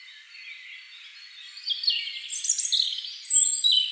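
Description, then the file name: European robin, soft warbling building into a brighter phrase of high, thin whistles and quick trills, with a final sharp whistled note. "Erithacus rubecula"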